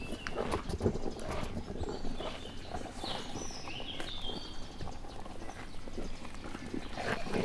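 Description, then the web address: Dromedary camel feeding, with repeated crunching and chomping over low rumbling. Dromedary camels feasting on vegetables at Miskolc Zoo, 2018. "allathangok miskolcizoo 2018 professzionalis egypupu teve zoldsegetlakmaroznak"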